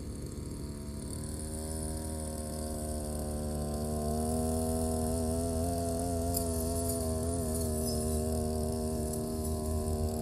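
A brush cutter runs steadily while cutting grass along rows of green onions. Its engine holds a continuous buzzing drone that rises slightly in pitch and loudness around four seconds, then wavers gently, with faint brief ticks of cutting near six to seven seconds.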